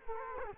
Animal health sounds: mosquito wingbeat signal from an infrared sensor; Culex quinquefasciatus

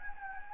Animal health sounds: mosquito wingbeat signal from an infrared sensor; Anopheles gambiae

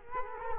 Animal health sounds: mosquito wingbeat signal from an infrared sensor; Culex quinquefasciatus

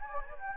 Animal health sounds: mosquito wingbeat signal from an infrared sensor; Anopheles gambiae

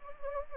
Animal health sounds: mosquito wingbeat signal from an infrared sensor; Anopheles gambiae

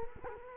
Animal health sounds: mosquito wingbeat signal from an infrared sensor; Culex quinquefasciatus

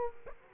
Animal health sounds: mosquito wingbeat signal from an infrared sensor; Aedes aegypti

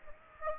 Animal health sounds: mosquito wingbeat signal from an infrared sensor; Aedes aegypti

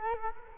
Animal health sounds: mosquito wingbeat signal from an infrared sensor; Culex quinquefasciatus

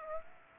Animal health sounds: mosquito wingbeat signal from an infrared sensor; Aedes aegypti

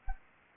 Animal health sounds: mosquito wingbeat signal from an infrared sensor; Anopheles arabiensis

